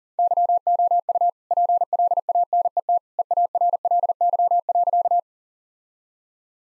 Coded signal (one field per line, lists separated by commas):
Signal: Morse code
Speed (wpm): 37 wpm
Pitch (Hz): 700 Hz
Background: none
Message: YOU PLANET EARLY.